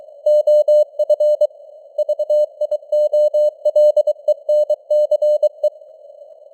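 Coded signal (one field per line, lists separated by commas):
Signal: Morse code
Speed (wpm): 24 wpm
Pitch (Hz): 600 Hz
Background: none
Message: OF VIOLENCE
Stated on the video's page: Simulated Morse news at 23 WPM with artificial radio noise and varying signal strength (QSB).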